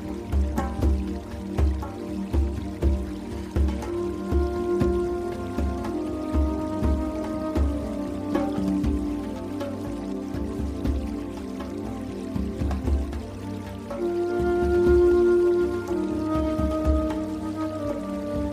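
Soft new age music with a breathy flute holding long, slow notes, including sustained tones near 4–5 seconds and again around 14–16 seconds. A low, regular pulsing drone runs underneath, while a steady trickle of stream-like water patters throughout.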